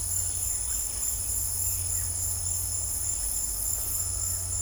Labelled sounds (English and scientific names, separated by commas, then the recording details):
none
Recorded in dense forest near Puerto Asís, Putumayo, Colombia, on 15 December 2024 at 17:30
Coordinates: 0.503, -76.323
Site G043